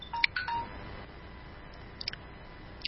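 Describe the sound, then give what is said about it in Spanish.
A few short, high electronic telephone beeps sound in quick succession, like keypad dialing tones, followed by faint scattered clicks over a quiet background with no talking. “Repito porque me distrajo este teléfono.”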